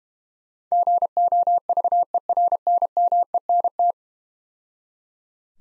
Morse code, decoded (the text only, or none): GOVERNMENT